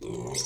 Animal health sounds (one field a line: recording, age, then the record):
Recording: pig call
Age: weaner (32 to 43 days)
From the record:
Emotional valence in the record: negative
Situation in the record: long isolation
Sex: female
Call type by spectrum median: high-frequency call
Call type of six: mixed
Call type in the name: high-frequency modulated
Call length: 0.46 s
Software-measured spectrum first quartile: 361 Hz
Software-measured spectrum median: 2844 Hz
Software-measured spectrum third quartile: 6034 Hz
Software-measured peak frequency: 374 Hz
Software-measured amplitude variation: 148 dB a second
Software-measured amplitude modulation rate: 25.3 a second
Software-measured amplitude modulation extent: 5.9 dB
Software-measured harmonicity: 5.2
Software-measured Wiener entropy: -4.30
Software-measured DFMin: 1404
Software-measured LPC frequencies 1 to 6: 388, 906, 2140, 3666, 4503, 5341 Hz